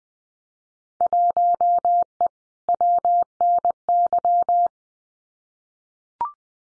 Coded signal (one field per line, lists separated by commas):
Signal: Morse code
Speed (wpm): 20 wpm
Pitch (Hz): 700 Hz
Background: none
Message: 1E WNY